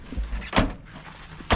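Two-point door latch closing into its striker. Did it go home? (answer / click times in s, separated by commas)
partly / 0.6 s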